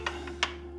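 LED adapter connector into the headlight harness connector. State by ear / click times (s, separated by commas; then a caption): seated / 0.4 s. A supplied plastic LED adapter connector is pushed onto the headlight wiring harness connector of an F-150 truck until it latches. A small tap sounds at 0.1 s, then a sharp, bright click at 0.4 s over a steady low hum and faint tone. The connector is seated.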